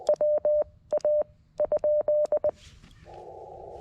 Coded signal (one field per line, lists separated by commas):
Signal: Morse code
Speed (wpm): 20 wpm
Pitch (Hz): 600 Hz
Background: none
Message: WA ?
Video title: Is this radio even worth buying for CW? It wasn't....until yesterday! CW POTA at K-5221